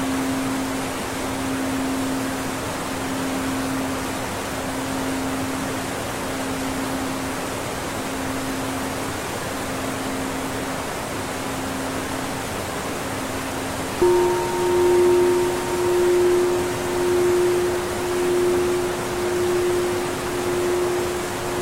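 A waterfall roars in a steady, dense rush with no breaks. A low, faint hum runs underneath from the start. At about 14 seconds a louder, higher droning tone joins and swells in slow, regular pulses until the end.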